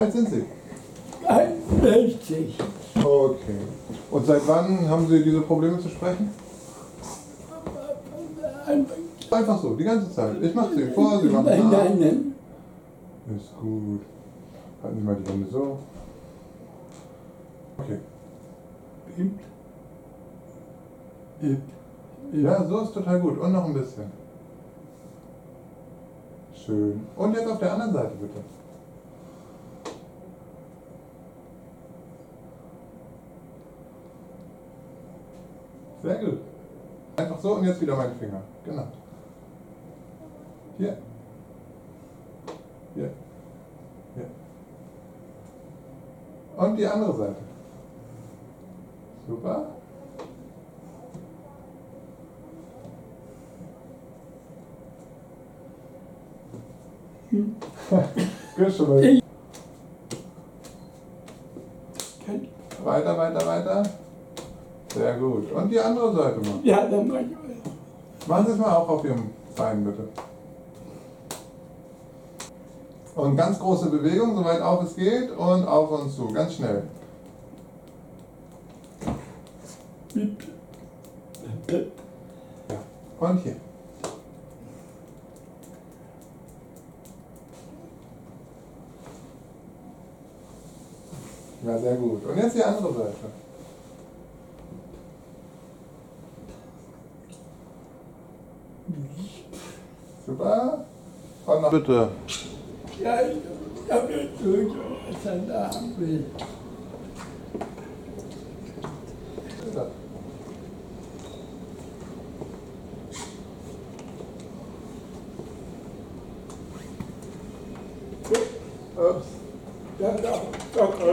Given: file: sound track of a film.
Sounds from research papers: Patient examination. Segment 1: The patient demonstrates oromandibular dystonia with spasmodic dysphonia and generalized dystonia with right-sided torticollis and left-sided laterocollis. No postural tremor can be detected. Segment 2: Finger-to-nose is normal and finger chase testing shows mild signs of ataxia. Segment 3: Rapid alternating movements reveal moderate dysdiadochokinesia, more prominent on the left side. Segment 4: Finger tapping shows no signs of bradykinesia. Segment 5: Heel-shin slide is slightly abnormal, again more prominent on the left side. Segment 6: Truncal dystonia with tilt to the right is evident. The patient walks with a broad-based gait and is unable to perform tandem gait.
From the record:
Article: Expanding the TBL1XR1 Disease Spectrum: Generalized Dystonia Associated with a New Genetic Variant

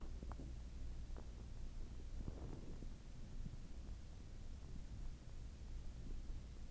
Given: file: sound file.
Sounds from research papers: Audio file of ear canal signals from the no.4 control.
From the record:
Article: Pre-Treatment Objective Diagnosis and Post-Treatment Outcome Evaluation in Patients with Vascular Pulsatile Tinnitus Using Transcanal Recording and Spectro-Temporal Analysis

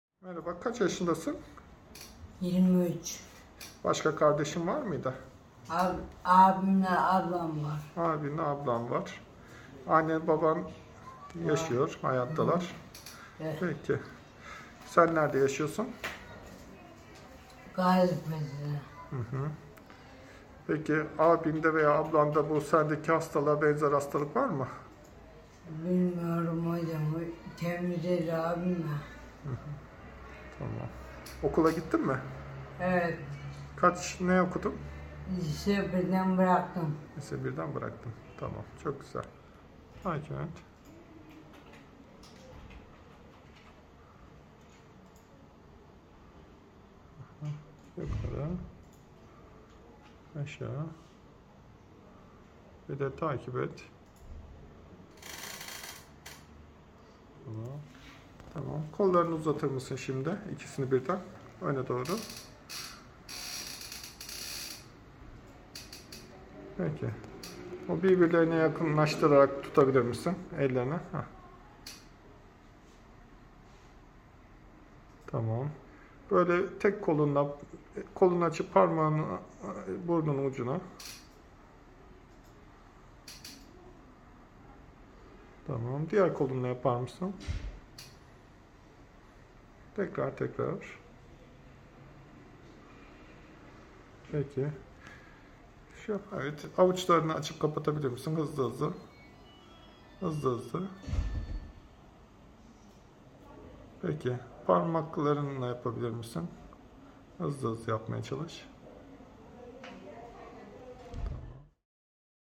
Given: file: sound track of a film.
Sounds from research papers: The neurologic evamination of the patient. Speech initiation is delayed and speech production is slowed and dysarthric. He is hypomimic. Eye examination showed fragmented pursuit eye movements with slow hypometric saccades, vertical gaze palsy, and square wave jerks in horizontal pursuit. slightly generalized chorea while talking. Segment 2. Movements of the extremities: Movements in the patient revealed slight dystonia in the left hand and head, dystonic tremor while moving his arms. He also has appendicular dysmetria. Segment 3. Walking: The patient has severe ataxia making his walking impossible without assistance.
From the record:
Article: A novel mutation in RNF216 gene in a Turkish case with Gordon Holmes syndrome

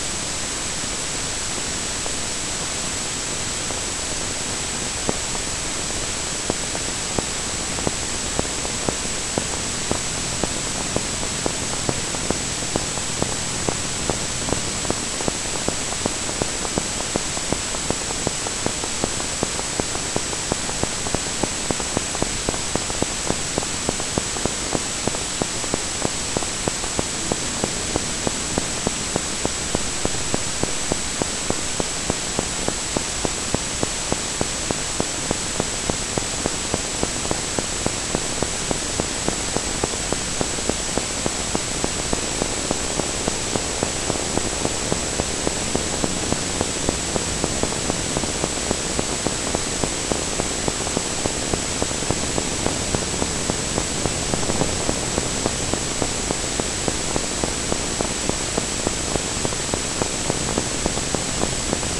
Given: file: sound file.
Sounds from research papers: Examples of audio tracks of spontaneous EMG tracings of ipsilateral #491.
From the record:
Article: Causation of Acute Flaccid Paralysis by Myelitis and Myositis in Enterovirus-D68 Infected Mice Deficient in Interferon αβ/γ Receptor Deficient Mice

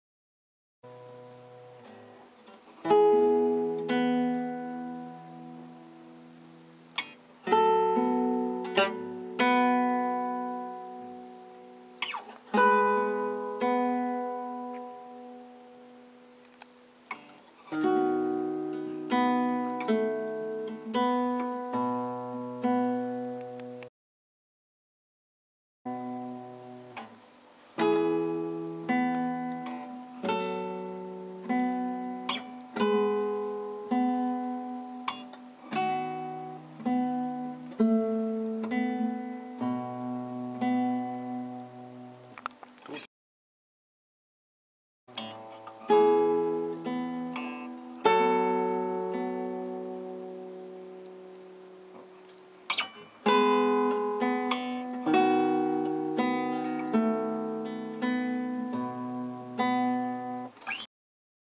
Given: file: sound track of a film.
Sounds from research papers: Video clip of the guitarist’s right fingers’ movement while playing the guitar with and without the electrical stimulation. He could play the guitar at almost proper tempo with electrical stimulation, whereas the tempo became incorrect when he played without the electrical stimulation.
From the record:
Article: Electrically Induced Sensory Trick in a Patient with Musician’s Dystonia: A Case Report

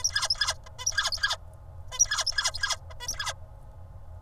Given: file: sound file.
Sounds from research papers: Example of Song Motif from Pupil of Tutor #396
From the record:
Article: Incomplete and Inaccurate Vocal Imitation after Knockdown of FoxP2 in Songbird Basal Ganglia Nucleus Area X

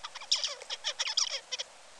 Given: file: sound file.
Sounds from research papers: Song of bird #1 (61 days post-hatch).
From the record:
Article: Common Features of Neural Activity during Singing and Sleep Periods in a Basal Ganglia Nucleus Critical for Vocal Learning in a Juvenile Songbird

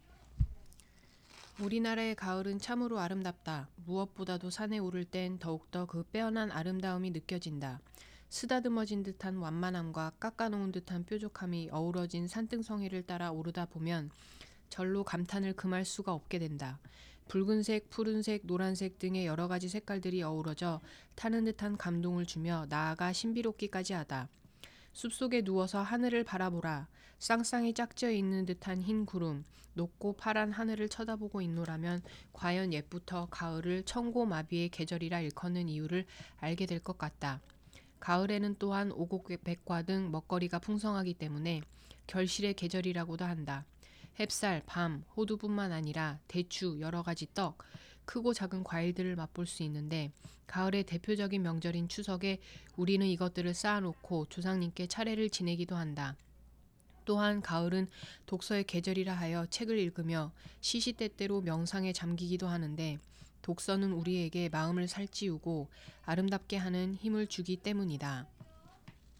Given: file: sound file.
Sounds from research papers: Example for autumn protocol. In the autumn task, the patients were instructed to read a specific paragraph consisting of nine sentences about autumn. The patients were asked to read the sentences at their usual rate and loudness in this task.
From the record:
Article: Detection and differentiation of ataxic and hypokinetic dysarthria in cerebellar ataxia and parkinsonian disorders via wave splitting and integrating neural networks

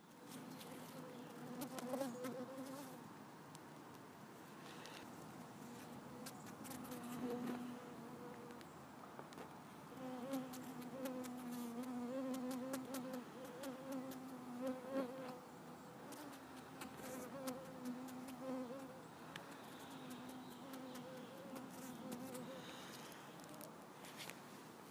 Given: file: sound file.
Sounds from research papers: Acoustic recording from wild female Culiseta incidens mosquito in a garden in San Francisco, CA, USA. Recording was done by one of the authors using a 2015-model iPhone 6S.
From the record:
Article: Using mobile phones as acoustic sensors for high-throughput mosquito surveillance

